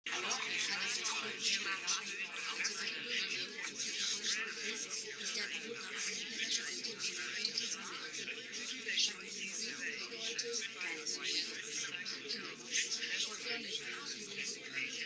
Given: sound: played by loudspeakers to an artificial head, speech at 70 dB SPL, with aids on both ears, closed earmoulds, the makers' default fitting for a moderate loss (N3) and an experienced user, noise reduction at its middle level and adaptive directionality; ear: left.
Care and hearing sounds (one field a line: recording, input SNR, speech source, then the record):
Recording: speech test signal (ISTS) in cocktail-party noise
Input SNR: -6 dB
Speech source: on the right (90 degrees)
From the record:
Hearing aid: class 1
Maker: H